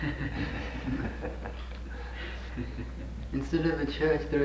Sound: laughter

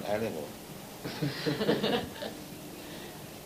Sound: laughter

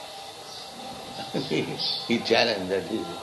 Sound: laughs

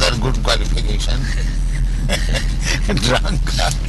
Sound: laughing

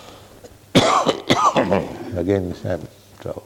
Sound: coughs

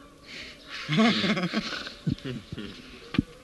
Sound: laughter

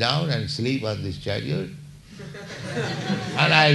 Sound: laughter

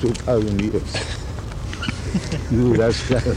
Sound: laughter

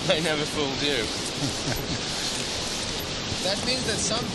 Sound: Prabhupāda laughs

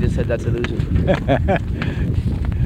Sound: Prabhupāda laughs

